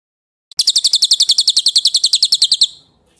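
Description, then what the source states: A bird delivers a quick, steady trill of bright, high-pitched repeated notes for about two seconds, ending abruptly in silence. Masteran recording, a bird sound used to train songbirds.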